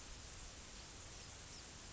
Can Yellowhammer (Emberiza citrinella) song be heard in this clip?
no